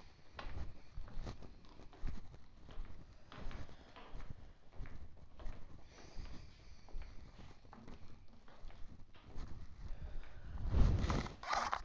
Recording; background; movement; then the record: deep breathing; quiet; walking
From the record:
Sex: female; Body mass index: 18.3 kg/m2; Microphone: on the chest, facing outward